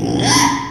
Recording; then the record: squeal of a Yucatan mini pig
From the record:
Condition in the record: after surgery on the right vocal fold (resection and tissue-engineered implant); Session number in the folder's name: 3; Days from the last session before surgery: 33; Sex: male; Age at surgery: 12 weeks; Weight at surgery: 13 kg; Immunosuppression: cyclosporine, prednisolone